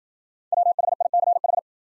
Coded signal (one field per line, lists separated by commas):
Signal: Morse code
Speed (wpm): 53 wpm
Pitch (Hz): 700 Hz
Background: none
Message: WHICH